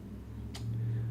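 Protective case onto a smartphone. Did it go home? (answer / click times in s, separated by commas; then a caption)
yes / 0.5 s. An OtterBox Symmetry slim protective case, a plastic and rubber case made for the iPhone 13 Pro and Max, is fitted onto an iPhone 12 Pro volume-button side first, then the other side is pressed until it pops into place. A short, bright snap is heard at 0.6 s over a steady low hum, and the case ends up seated with a snug fit.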